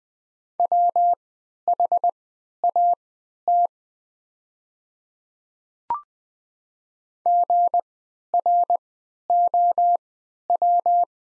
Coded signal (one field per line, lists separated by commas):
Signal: Morse code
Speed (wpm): 20 wpm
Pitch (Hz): 700 Hz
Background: none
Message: WHAT GROW